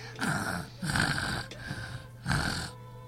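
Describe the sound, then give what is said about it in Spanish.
Rhythmic snoring, four rasping, rumbling breaths in about three seconds, each a raspy surge with a low steady drone beneath. No talking. “Tela no respondió más que con ronquíos.”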